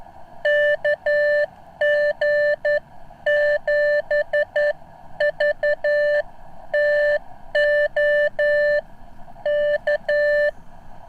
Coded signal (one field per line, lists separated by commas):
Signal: Morse code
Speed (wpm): 11 wpm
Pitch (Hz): 590 Hz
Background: none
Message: KG7VTO K